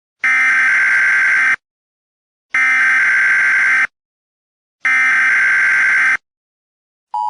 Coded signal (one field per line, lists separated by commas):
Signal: Emergency Alert System (SAME) tones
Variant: header bursts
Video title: EAS ALARM "the window watcher"